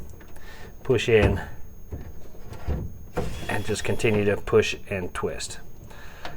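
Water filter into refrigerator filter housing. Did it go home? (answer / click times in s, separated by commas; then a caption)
yes / 6.2 s. A new water filter is pushed into the filter housing of a Samsung refrigerator and twisted while someone talks. A short click at 6.2 s marks the filter locking into place.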